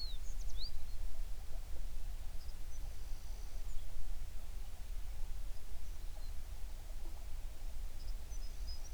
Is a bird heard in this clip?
yes